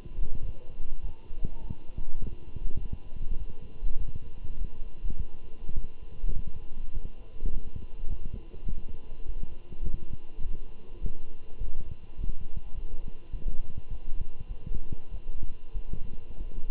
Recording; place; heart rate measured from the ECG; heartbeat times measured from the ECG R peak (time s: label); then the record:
heart sounds by stethoscope; between the tricuspid and mitral areas; 102 bpm
0.43 s: heartbeat
1.02 s: heartbeat
1.62 s: heartbeat
2.20 s: heartbeat
2.80 s: heartbeat
3.38 s: heartbeat
3.99 s: heartbeat
4.58 s: heartbeat
5.17 s: heartbeat
5.76 s: heartbeat
6.34 s: heartbeat
6.93 s: heartbeat
7.52 s: heartbeat
8.09 s: heartbeat
8.67 s: heartbeat
9.25 s: heartbeat
9.84 s: heartbeat
10.42 s: heartbeat
11.01 s: heartbeat
11.60 s: heartbeat
12.17 s: heartbeat
12.74 s: heartbeat
13.32 s: heartbeat
13.90 s: heartbeat
14.48 s: heartbeat
15.11 s: heartbeat
15.74 s: heartbeat
16.38 s: heartbeat
From the record:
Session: walking at 3.7 km/h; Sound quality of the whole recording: good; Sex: male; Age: 24 years